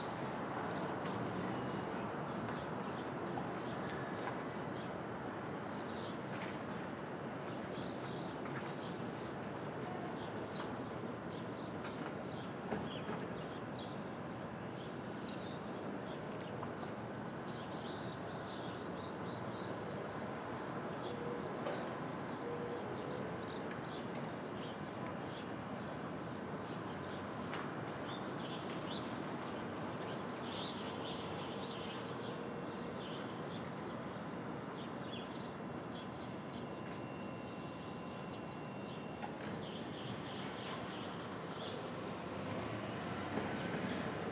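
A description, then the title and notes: Street traffic at dawn in Brooklyn, a steady, dense rumble of passing vehicles that holds an even level for the whole stretch. Brief clicks and knocks come through now and then, and faint high chirps, like birds, flicker above the roar. Brooklyn Dawn, 4 - 17 - 20, Street Traffic II.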